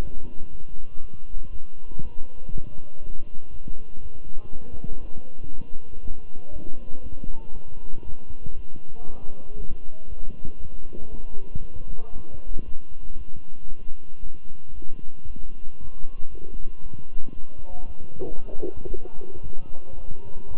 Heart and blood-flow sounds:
heart sounds by stethoscope; between the tricuspid and mitral areas; 117 bpm
0.01 s: heartbeat
0.51 s: heartbeat
1.00 s: heartbeat
1.51 s: heartbeat
2.01 s: heartbeat
2.51 s: heartbeat
3.00 s: heartbeat
3.50 s: heartbeat
4.01 s: heartbeat
4.51 s: heartbeat
5.01 s: heartbeat
5.51 s: heartbeat
6.01 s: heartbeat
6.52 s: heartbeat
7.02 s: heartbeat
7.53 s: heartbeat
8.04 s: heartbeat
8.55 s: heartbeat
9.05 s: heartbeat
9.56 s: heartbeat
10.08 s: heartbeat
10.59 s: heartbeat
11.10 s: heartbeat
11.61 s: heartbeat
12.12 s: heartbeat
12.64 s: heartbeat
13.17 s: heartbeat
13.69 s: heartbeat
14.20 s: heartbeat
14.73 s: heartbeat
15.26 s: heartbeat
15.78 s: heartbeat
16.30 s: heartbeat
16.82 s: heartbeat
17.34 s: heartbeat
17.86 s: heartbeat
18.37 s: heartbeat
18.89 s: heartbeat
19.42 s: heartbeat
19.94 s: heartbeat
20.47 s: heartbeat
From the record:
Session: walking at 3.7 km/h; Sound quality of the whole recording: good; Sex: male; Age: 23 years

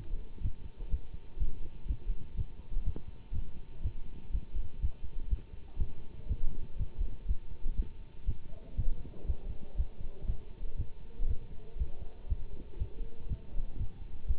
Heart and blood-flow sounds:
heart sounds by stethoscope; between the tricuspid and mitral areas; 121 bpm
0.42 s: heartbeat
0.91 s: heartbeat
1.39 s: heartbeat
1.87 s: heartbeat
2.36 s: heartbeat
2.85 s: heartbeat
3.33 s: heartbeat
3.82 s: heartbeat
4.32 s: heartbeat
4.81 s: heartbeat
5.29 s: heartbeat
5.78 s: heartbeat
6.28 s: heartbeat
6.77 s: heartbeat
7.27 s: heartbeat
7.76 s: heartbeat
8.26 s: heartbeat
8.76 s: heartbeat
9.26 s: heartbeat
9.77 s: heartbeat
10.26 s: heartbeat
10.77 s: heartbeat
11.27 s: heartbeat
11.78 s: heartbeat
12.28 s: heartbeat
12.78 s: heartbeat
13.28 s: heartbeat
13.78 s: heartbeat
14.27 s: heartbeat
From the record:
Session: Bruce protocol treadmill stress test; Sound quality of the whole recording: good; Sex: male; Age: 24 years

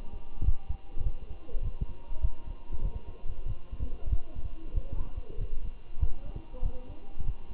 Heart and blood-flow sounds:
heart sounds by stethoscope; between the tricuspid and mitral areas; 97 bpm
0.45 s: heartbeat
1.04 s: heartbeat
1.63 s: heartbeat
2.22 s: heartbeat
2.82 s: heartbeat
3.46 s: heartbeat
4.10 s: heartbeat
4.74 s: heartbeat
5.39 s: heartbeat
6.00 s: heartbeat
6.63 s: heartbeat
7.25 s: heartbeat
From the record:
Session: walking at 3.7 km/h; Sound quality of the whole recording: good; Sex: male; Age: 23 years

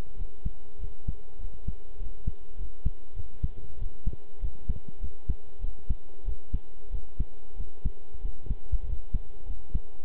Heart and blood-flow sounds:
heart sounds by stethoscope; between the tricuspid and mitral areas; 97 bpm
0.16 s: heartbeat
0.78 s: heartbeat
1.38 s: heartbeat
1.97 s: heartbeat
2.56 s: heartbeat
3.14 s: heartbeat
3.77 s: heartbeat
4.39 s: heartbeat
4.99 s: heartbeat
5.60 s: heartbeat
6.23 s: heartbeat
6.89 s: heartbeat
7.55 s: heartbeat
8.20 s: heartbeat
8.84 s: heartbeat
9.45 s: heartbeat
10.03 s: heartbeat
From the record:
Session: pedaling a stationary bicycle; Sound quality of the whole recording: good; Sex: male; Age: 23 years

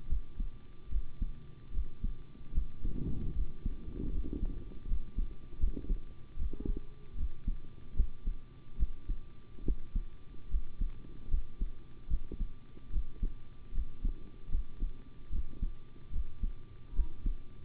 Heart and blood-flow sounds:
heart sounds by stethoscope; between the tricuspid and mitral areas; 75 bpm
0.08 s: heartbeat
0.89 s: heartbeat
1.72 s: heartbeat
2.53 s: heartbeat
3.33 s: heartbeat
4.10 s: heartbeat
4.86 s: heartbeat
5.58 s: heartbeat
6.37 s: heartbeat
7.16 s: heartbeat
7.95 s: heartbeat
8.77 s: heartbeat
9.63 s: heartbeat
10.49 s: heartbeat
11.29 s: heartbeat
12.08 s: heartbeat
12.90 s: heartbeat
13.72 s: heartbeat
14.50 s: heartbeat
15.30 s: heartbeat
16.11 s: heartbeat
16.94 s: heartbeat
From the record:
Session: rest, sitting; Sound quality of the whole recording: good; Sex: male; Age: 25 years

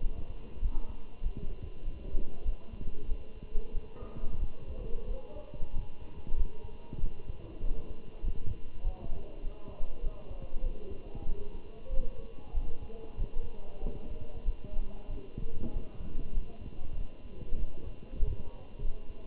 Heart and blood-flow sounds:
heart sounds by stethoscope; between the tricuspid and mitral areas; 96 bpm
0.02 s: heartbeat
0.62 s: heartbeat
1.22 s: heartbeat
1.84 s: heartbeat
2.45 s: heartbeat
3.08 s: heartbeat
3.73 s: heartbeat
4.39 s: heartbeat
5.07 s: heartbeat
5.73 s: heartbeat
6.37 s: heartbeat
7.00 s: heartbeat
7.62 s: heartbeat
8.23 s: heartbeat
8.83 s: heartbeat
9.43 s: heartbeat
10.03 s: heartbeat
10.63 s: heartbeat
11.26 s: heartbeat
11.90 s: heartbeat
12.54 s: heartbeat
13.19 s: heartbeat
13.82 s: heartbeat
14.45 s: heartbeat
15.09 s: heartbeat
15.72 s: heartbeat
16.34 s: heartbeat
16.97 s: heartbeat
17.59 s: heartbeat
18.19 s: heartbeat
18.81 s: heartbeat
From the record:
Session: Bruce protocol treadmill stress test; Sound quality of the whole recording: good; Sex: male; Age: 27 years

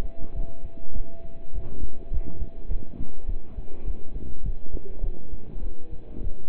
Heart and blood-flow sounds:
heart sounds by stethoscope; between the tricuspid and mitral areas; 102 bpm
0.36 s: heartbeat
0.95 s: heartbeat
1.54 s: heartbeat
2.13 s: heartbeat
2.71 s: heartbeat
3.29 s: heartbeat
3.87 s: heartbeat
4.45 s: heartbeat
5.03 s: heartbeat
5.63 s: heartbeat
6.23 s: heartbeat
From the record:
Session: pedaling a stationary bicycle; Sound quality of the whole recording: partially saturated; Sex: male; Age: 27 years

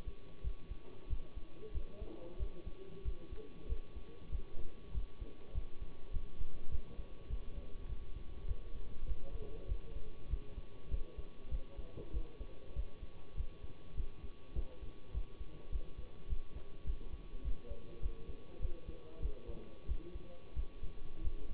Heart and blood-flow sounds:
heart sounds by stethoscope; between the tricuspid and mitral areas; 98 bpm
0.42 s: heartbeat
1.08 s: heartbeat
1.72 s: heartbeat
2.37 s: heartbeat
3.03 s: heartbeat
3.67 s: heartbeat
4.29 s: heartbeat
4.92 s: heartbeat
5.52 s: heartbeat
6.11 s: heartbeat
6.69 s: heartbeat
7.28 s: heartbeat
7.87 s: heartbeat
8.46 s: heartbeat
9.05 s: heartbeat
9.67 s: heartbeat
10.28 s: heartbeat
10.89 s: heartbeat
11.49 s: heartbeat
12.11 s: heartbeat
12.74 s: heartbeat
13.35 s: heartbeat
13.95 s: heartbeat
14.53 s: heartbeat
15.12 s: heartbeat
15.70 s: heartbeat
16.27 s: heartbeat
16.84 s: heartbeat
17.42 s: heartbeat
18.00 s: heartbeat
18.60 s: heartbeat
19.20 s: heartbeat
19.86 s: heartbeat
20.54 s: heartbeat
21.22 s: heartbeat
From the record:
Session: bicycle stress test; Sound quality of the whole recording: good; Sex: male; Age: 24 years

